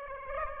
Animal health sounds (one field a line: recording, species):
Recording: mosquito wingbeat signal from an infrared sensor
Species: Aedes aegypti